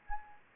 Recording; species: mosquito wingbeat signal from an infrared sensor; Anopheles gambiae